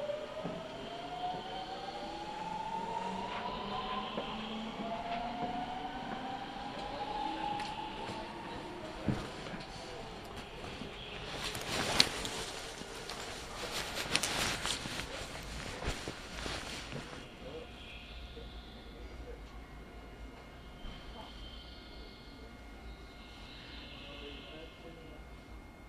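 A Nankai Line local train rides from Izumisano toward Hakotsukuri, a steady low rumble with whining motor tones that rise and fall in the first ten seconds. From about 10 to 17 seconds a dense clattering burst of wheel and track noise peaks, then the ride settles into a quieter hum with faint tones.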